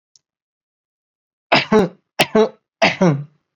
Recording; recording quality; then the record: shallow voluntary cough; excellent, no background noise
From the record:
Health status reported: COVID-19 positive, no symptoms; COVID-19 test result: positive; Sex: male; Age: 23 years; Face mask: not worn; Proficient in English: yes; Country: India